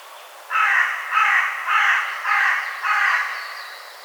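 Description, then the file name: Carrion crow delivering a series of five rasping caws, evenly paced about every six tenths of a second, over faint background hiss. "Corvus corone"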